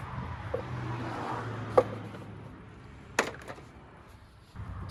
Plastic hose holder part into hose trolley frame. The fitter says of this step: until it snaps foreign